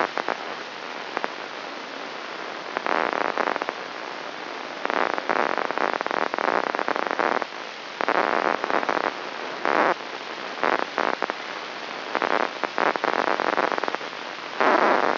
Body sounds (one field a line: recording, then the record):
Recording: brain microelectrode recording played as sound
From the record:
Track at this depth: outside the subthalamic nucleus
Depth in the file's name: 0.315 mm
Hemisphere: left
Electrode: 3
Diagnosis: Parkinson's disease